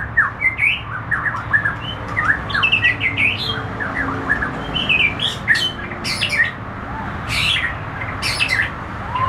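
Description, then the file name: White-rumped shama song of rapid whistled phrases, followed by harsh high buzzy notes and scratchy bursts, over low background noise. Penang. "suara murai penang"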